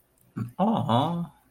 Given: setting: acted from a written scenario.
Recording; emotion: vocal sound without words; adoration